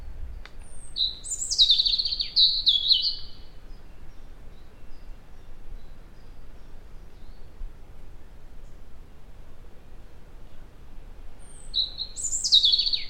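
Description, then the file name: European robin song: a thin, high warbled phrase of sliding whistles and trills early on, a long quiet pause, then a second phrase starting near the end. "Erithacus rubecula"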